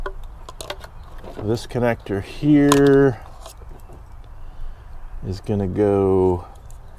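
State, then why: Not seated. A wiring harness connector is handled next to the Stealth performance module's mating plastic connector on a 2020 Chevy Duramax truck, with a few small plastic ticks in the first second while someone talks. The connector has not seated or clicked yet.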